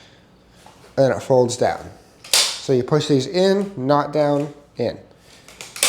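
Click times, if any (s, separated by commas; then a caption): 5.8 s. Someone talks about folding the backrest of a ComfyGo X-7 lightweight folding power wheelchair down by pushing in its latches. The backrest is then raised back up, and the metal frame latches snap into their locked position with a sharp click at 5.8 seconds, preceded by a few smaller clacks. The backrest latches are seated in the wheelchair frame.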